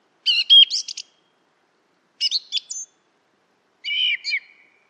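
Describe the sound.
Song thrush song: three short, varied phrases of bright chirps and whistles, each under a second and separated by quiet gaps, on a silent background.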